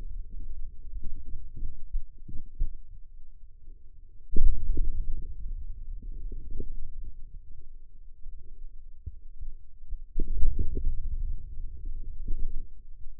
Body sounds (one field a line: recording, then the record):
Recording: forearm muscle sounds (acoustic myography)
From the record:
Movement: hand opening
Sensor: system 2, bracelet of six BSWA MPA416 microphones around the upper forearm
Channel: 6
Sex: male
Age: 22 years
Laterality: right